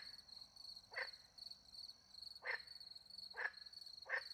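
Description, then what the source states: Frog making four quick raspy croaks, the last three closer together, while crickets trill steadily and high in the background. Frogs with crickets in French countryside at night; microphones hidden in a tree near a small pond; recorded with two Usi Pro microphones into a MixPre-10 II.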